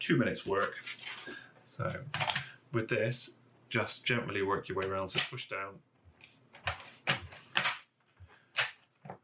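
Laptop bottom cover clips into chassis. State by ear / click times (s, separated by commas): seated / 6.7 s, 7.6 s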